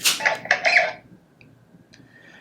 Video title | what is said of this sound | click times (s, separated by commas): STAR WARS GALAXY'S EDGE DARKSABER LEGACY LIGHTSABER UNBOXING | and it will lock into place and you'll actually hear that activation sound i'm going to do it one more time so you can hear it again | 0.5 s